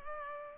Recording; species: mosquito wingbeat signal from an infrared sensor; Culex pipiens